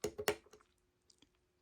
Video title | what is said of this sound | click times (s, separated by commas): TRANSFORMERS Generations Legacy Deluxe Elita-1 Review | pops right in there | 0.3 s